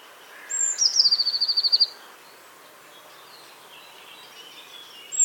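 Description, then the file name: Eurasian blue tit giving a high, fast trill of about a dozen rapid notes after a thin introductory note, with another bird faintly calling later and a new note starting at the end. "Cyanistes caeruleus"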